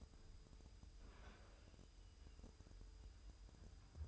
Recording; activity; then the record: daily activity, microphone in the room; open fridge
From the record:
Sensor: 2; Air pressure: 988.3 hPa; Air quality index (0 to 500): 194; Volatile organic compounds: 208 ppm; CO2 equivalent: 4241 ppm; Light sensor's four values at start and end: 21/73/28/27 and 21/73/28/27